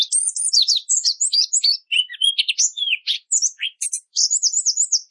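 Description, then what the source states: Orange-headed thrush song of quick varied whistles, slurred rising and falling notes and short trills, delivered in rapid bursts. Masteran recording for training cage birds, with material called roll speed; clear sound quality.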